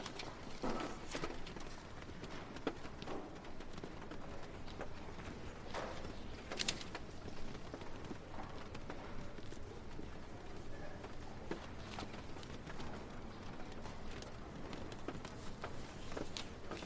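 Rain falls steadily around a library, a dense, even hiss that never lets up across the whole stretch. Scattered sharp ticks and soft knocks cut through it every second or so, with a few louder, brighter taps near six and twelve seconds.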